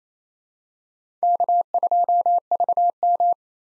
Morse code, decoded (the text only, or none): K2VM